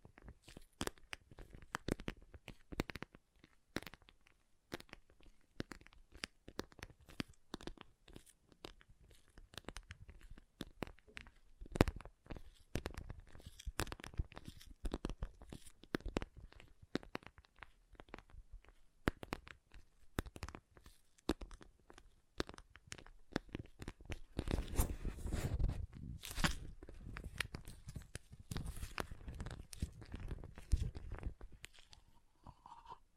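Water beads shift and squish in a dense run of crackly, crunchy clicks that sound almost like crumpling. The texture stays steady and busy throughout, with a thicker, fuller burst of squelching around 25 to 27 seconds before it thins slightly toward the end.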